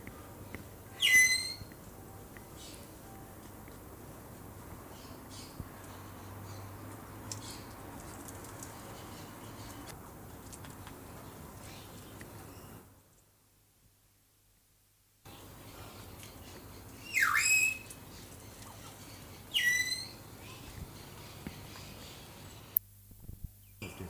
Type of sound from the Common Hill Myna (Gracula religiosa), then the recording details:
call. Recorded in captivity. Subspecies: intermedia. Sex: group. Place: Zoo Halle, Sachsen-Anhalt, DE. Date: 2004-12-15 12:30. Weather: sunny, 2°C. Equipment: Sony WM-D6C, Sennheiser ME 80, Kopie Uher 4000 Report Monitor. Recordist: Tembrock, Günter